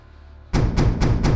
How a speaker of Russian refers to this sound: В дверь постучали громко, навязчиво. Кто это мог быть?